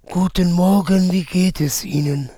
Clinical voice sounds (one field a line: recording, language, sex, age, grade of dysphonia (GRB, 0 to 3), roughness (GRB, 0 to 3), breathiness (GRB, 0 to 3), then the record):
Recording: spoken sentence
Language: German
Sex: male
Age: 40 to 49 years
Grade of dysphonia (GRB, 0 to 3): 3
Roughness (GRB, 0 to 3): 3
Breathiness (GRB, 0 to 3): 3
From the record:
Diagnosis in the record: frontolateral partial laryngectomy, cordectomy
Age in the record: 48 years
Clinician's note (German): Zustand nach Laserchirurgie mit kompensierender Taschenfaltenstimme